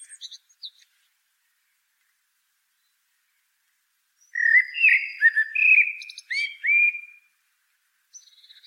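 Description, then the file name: Common blackbird song: a few thin high squeaks, a silence of several seconds, then a mellow warbled phrase with twittery high notes, and faint squeaks again. "Turdus merula"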